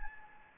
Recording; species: mosquito wingbeat signal from an infrared sensor; Anopheles gambiae